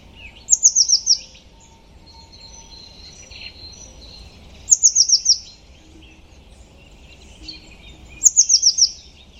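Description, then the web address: Bird repeats a quick series of high, descending chipping notes three times, roughly every four seconds, with faint softer bird notes between. "cianscape birddata Deverinetal 2025 File origin Bird Only Cy Ca"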